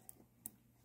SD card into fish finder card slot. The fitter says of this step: you'll hear it click